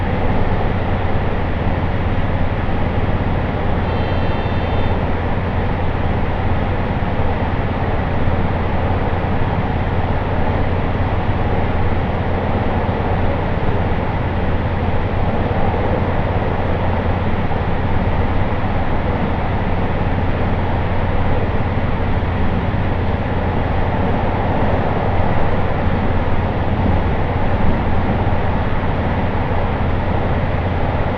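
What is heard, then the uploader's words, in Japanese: A train journey recorded from inside the carriage: a steady, dense rumble with a deep droning hum underneath runs unbroken for the whole stretch. The level barely changes, and a faint, thin squeal rises briefly near the start. 耳で楽しむ鉄道旅 室蘭本線 小幌→洞爺。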